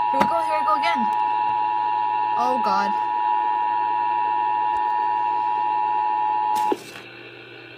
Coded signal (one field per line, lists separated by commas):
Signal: Emergency Alert System (SAME) tones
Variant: 853 and 960 Hz attention tone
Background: speech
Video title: (DOUBLE HEADER) Amber Alert - EAS #9-10 AM/FM radio